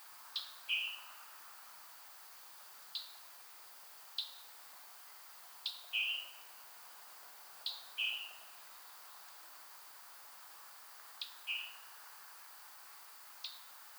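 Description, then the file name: Scarlet tanager calling: a series of sharp, high chips at irregular intervals, several followed by a lower burry note, against soft background hiss. "call Scarlet Tanager Piranga olivacea"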